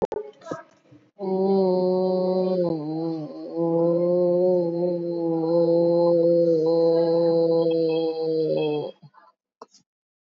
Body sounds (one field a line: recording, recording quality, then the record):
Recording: sustained vowel as in boot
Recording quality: excellent, no background noise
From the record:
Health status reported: recovered from COVID-19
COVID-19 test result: negative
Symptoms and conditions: cough, fever, muscle pain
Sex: female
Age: 36 years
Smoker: not ticked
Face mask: worn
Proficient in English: yes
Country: India